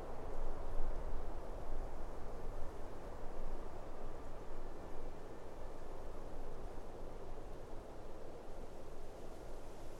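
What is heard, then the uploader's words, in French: On a mountain summit, a steady, dense roar of wind fills the whole clip, heaviest in a low rumble with a softer hiss above. Gusts swell slightly in the first seconds, then the drone settles into an even, engine-like wash without distinct events. Endormez vous au sommet d'une montagne bercé par les sons de la nature.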